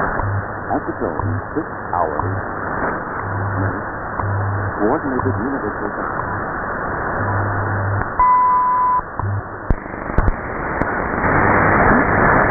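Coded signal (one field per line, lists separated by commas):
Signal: radio time signal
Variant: WWV and WWVH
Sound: shortwave voice announcement over a low hum, a short 1 kHz beep, faint ticks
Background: radio static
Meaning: Ticks and tones mark UTC seconds and minutes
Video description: Time signals from Colorado received loud and clear, with Hawai barely audible in the background on 10 mHz.around 0620 UTC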